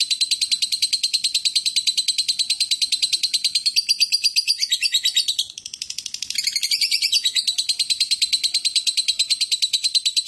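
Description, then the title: Lovebirds chattering in a continuous fast stream of high, squeaky chirps, a short dip in loudness midway, otherwise unbroken calling with a quiet background. "Lovebird Konslet"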